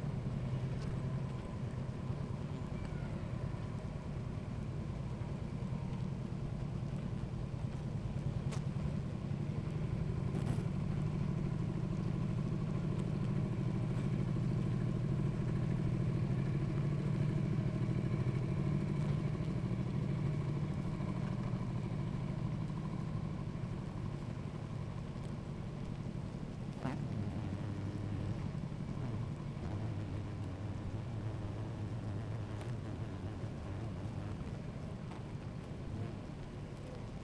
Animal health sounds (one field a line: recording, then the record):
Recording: honeybee colony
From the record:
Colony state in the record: active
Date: 28 July 2017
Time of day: 16:44